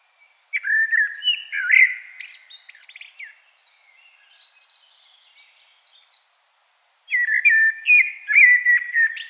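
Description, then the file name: Common blackbird song: two fluted warbling phrases several seconds apart, the first tailing into a long, soft, scratchy twitter. "Turdus merula"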